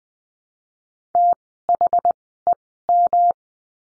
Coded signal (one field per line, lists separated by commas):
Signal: Morse code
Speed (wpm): 20 wpm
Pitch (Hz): 700 Hz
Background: none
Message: THEM